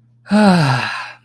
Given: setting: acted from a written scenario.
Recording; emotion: vocal sound without words; relief